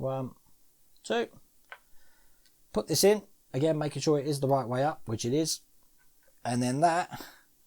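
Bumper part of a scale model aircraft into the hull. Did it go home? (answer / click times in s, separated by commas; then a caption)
no / none. Someone talks while handling a plastic/metal bumper section of a scale model Thunderbird 2, lining it up the right way up over glued mounting holes in the hull. Only faint handling ticks are heard, around 1.7 s and 2.5 s. The part has not seated or clicked into place yet.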